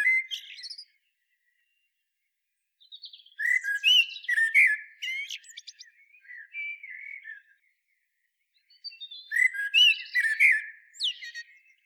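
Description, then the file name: Common blackbird song: a brief phrase, a pause, then a long loud twittering warble, another pause and a further bright phrase of mixed notes. "Turdus merula"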